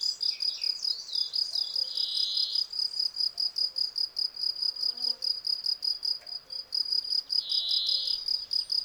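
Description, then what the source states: Field cricket chirping in an even pulsed rhythm. Field crickets singing in a garden lawn at Val Maravel on 18 April 2020, three days into their singing, with fresh new wings giving clear stridulation; recorded on Nagra Seven with MKH40 microphone.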